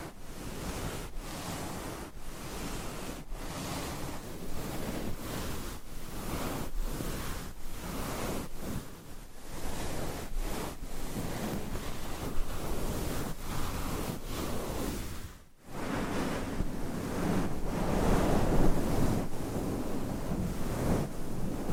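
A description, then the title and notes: Dense, rushing scratching and brushing on a microphone cover, with soft taps landing about once or twice a second. A brief silence cuts in near the fifteen-second mark, then the rubbing resumes fuller and slightly louder, with fewer distinct taps. ASMR Mic Scratching , Tapping & Brushing with Different Mic Covers , Brushes & Nails No Talking.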